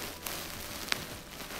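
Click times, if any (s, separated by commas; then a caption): 0.9 s. The red wire terminal on a Bosch dishwasher's circulation pump/heater is pushed all the way into its connector, and its latch gives a sharp, bright click at 0.9 s, seating the terminal. A fainter tick comes at 0.3 s over a steady low hiss.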